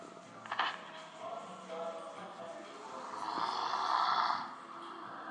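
One drawn-out, rattling snore from an adult swells and fades over about a second on an in-breath. Quieter noisy breathing comes before it, over a steady background hiss. This is snoring during sleep.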